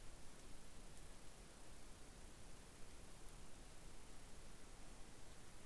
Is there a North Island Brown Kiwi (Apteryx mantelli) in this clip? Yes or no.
no